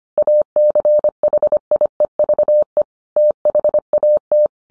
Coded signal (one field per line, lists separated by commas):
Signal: Morse code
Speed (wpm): 25 wpm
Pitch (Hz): 600 Hz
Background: none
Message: ACHIEVE THAT